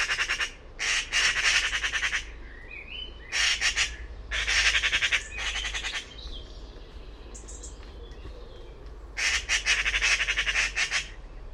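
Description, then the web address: Bird calling with grating, pulsed squawks in several bursts, brief whistled notes in a quieter middle stretch, and a steady low background hum. "cianscape birddata Deverinetal 2025 Bird Only Pi Pi Pi Pi"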